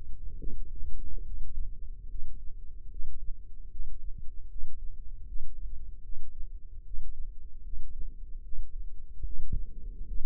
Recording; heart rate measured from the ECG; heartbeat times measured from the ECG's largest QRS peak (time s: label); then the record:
heart sounds by microphone in the left ear; 74 bpm
0.37 s: heartbeat
1.24 s: heartbeat
2.09 s: heartbeat
2.90 s: heartbeat
3.70 s: heartbeat
4.49 s: heartbeat
5.26 s: heartbeat
6.02 s: heartbeat
6.84 s: heartbeat
7.63 s: heartbeat
8.42 s: heartbeat
9.24 s: heartbeat
10.05 s: heartbeat
From the record:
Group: healthy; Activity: rest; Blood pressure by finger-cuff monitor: 158/96 mmHg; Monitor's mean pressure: 116 mmHg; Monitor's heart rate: 75 bpm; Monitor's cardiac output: 5.7 L/min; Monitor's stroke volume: 76 mL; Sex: male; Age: 35 years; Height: 178 cm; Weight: 64 kg